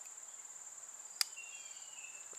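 The steel blade of a handmade 18th-century-style slip-joint folding knife is worked and snaps into position under the backspring. A single sharp, strong click lands at 1.2 s over a steady high-pitched background hiss. The blade seats firmly.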